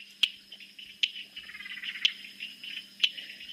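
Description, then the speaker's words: Stonemason's toadlet calling with sharp, clicking knocks about once a second, like stone tapped on stone, over a steady background chorus of other frogs. Calling in the foreground; named because its call sounds like someone hitting a hammer onto a rock, or stones clinked together. "But the one in the foreground, the little stonemason's toadlet, it's sort of named because it does sound a little bit like someone hitting a hammer onto a rock."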